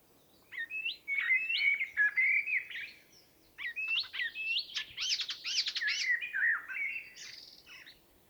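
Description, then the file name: Common blackbird song: two rich fluty phrases of warbled notes with higher squeaky twittering, separated by a pause of about half a second. "Turdus merula"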